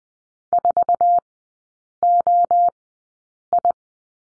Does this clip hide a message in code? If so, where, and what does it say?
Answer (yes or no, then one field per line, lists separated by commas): yes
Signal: Morse code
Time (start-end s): 0.5-3.7 s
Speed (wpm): 20 wpm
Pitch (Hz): 700 Hz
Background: none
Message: 4OI